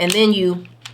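Someone talks while fitting the detachable front flash module onto the flash head of a Godox V100 speedlight, after checking the manual. A brief, faint handling sound comes near 0.9 s, but nothing has seated or clicked yet; the module is still being handled.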